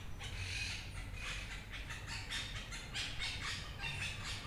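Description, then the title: Parakeets giving harsh, screechy squawks in overlapping bursts, repeated steadily throughout, over a low background rumble. Recorded 11 March 2022. "cotorras-11-marzo-2022"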